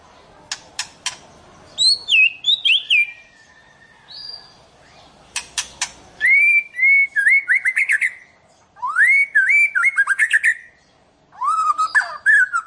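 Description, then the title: White-rumped shama delivering bursts of whistled, warbling phrases separated by sharp clicking notes, each burst a second or two long. "Kicau Murai Batu"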